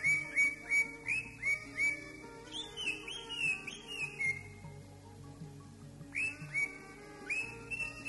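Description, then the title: Greater green leafbird giving short down-slurred whistled notes, spaced irregularly, some in quick pairs, with a steady low hum in the background. "Kicau Burung Cucak Ijo"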